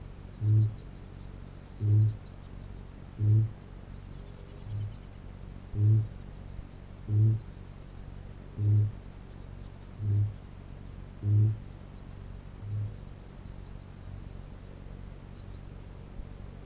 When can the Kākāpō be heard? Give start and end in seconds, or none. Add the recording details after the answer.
0.30-0.78, 1.68-2.20, 3.09-3.60, 4.47-5.03, 5.62-6.20, 6.89-7.58, 8.44-8.96, 9.85-10.45, 11.08-11.66, 12.48-12.96. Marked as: faintness 2/5, faintness 3/5. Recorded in New Zealand. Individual Piripi